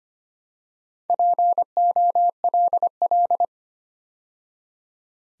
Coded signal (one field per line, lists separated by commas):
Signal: Morse code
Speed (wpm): 25 wpm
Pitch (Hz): 700 Hz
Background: none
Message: POLL